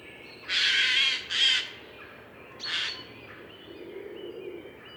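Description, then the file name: Eurasian jay making rasping screeches: two loud ones close together, then a softer third. "Garrulus glandarius"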